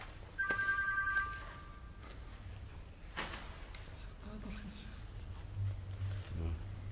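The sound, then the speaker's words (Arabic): An electric bell is rung once during a class on Ibn Malik's Alfiyya, a steady buzzing two-tone trill lasting under two seconds, followed by low background rumble, scattered knocks and faint murmuring voices. “نعم تعال ودق الجرس.”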